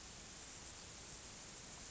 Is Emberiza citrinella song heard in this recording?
no